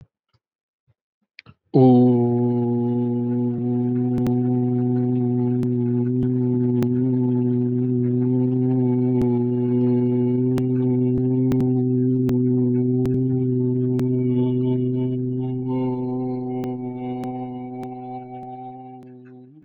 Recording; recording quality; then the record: sustained vowel as in boot; moderate, slight background noise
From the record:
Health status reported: COVID-19 positive, mild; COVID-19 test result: positive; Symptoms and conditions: cold, fatigue, loss of smell and taste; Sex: male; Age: 34 years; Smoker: yes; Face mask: not worn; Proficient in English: yes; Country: India